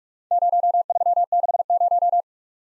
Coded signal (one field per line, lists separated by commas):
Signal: Morse code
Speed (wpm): 50 wpm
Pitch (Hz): 700 Hz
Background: none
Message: 0360